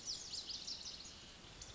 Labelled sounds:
Lazuli Bunting
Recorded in Sonoma County, California

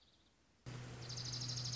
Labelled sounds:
Dark-eyed Junco
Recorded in Sonoma County, California

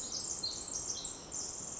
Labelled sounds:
Pacific Wren
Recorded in Sonoma County, California

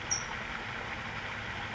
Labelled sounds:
California Towhee
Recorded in Sonoma County, California

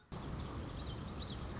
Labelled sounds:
Common Yellowthroat
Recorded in Sonoma County, California

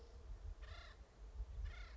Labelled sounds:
Acorn Woodpecker
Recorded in Sonoma County, California

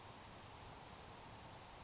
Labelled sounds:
Grasshopper Sparrow
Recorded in Sonoma County, California

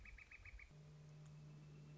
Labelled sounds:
Northern Flicker
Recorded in Sonoma County, California

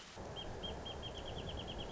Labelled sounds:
Wrentit
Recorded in Sonoma County, California

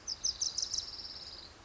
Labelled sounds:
Orange-crowned Warbler
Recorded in Sonoma County, California

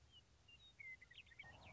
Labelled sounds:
Western Meadowlark
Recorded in Sonoma County, California

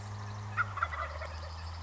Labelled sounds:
Wild Turkey
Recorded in Sonoma County, California

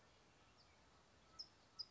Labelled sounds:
California Towhee
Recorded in Sonoma County, California

